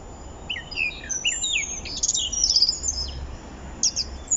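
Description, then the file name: Eurasian blackcap song, a short run of thin, high chirps and squeaky slurred notes. "Sylvia atricapilla"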